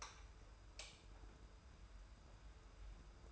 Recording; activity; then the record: daily activity, microphone in the room; light on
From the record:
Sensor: 2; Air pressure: 990.9 hPa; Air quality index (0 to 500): 119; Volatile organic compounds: 80 ppm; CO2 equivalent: 3604 ppm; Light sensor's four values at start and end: 25/59/24/24 and 30/76/31/30